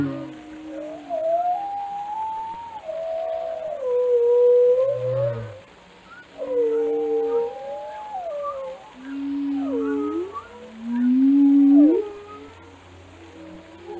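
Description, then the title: Whale song, repeated swooping tonal units, some sliding down steeply and others rising, in phrases separated by brief quieter gaps. "Whale Watching: A Close Encounter with the Giants of the Sea"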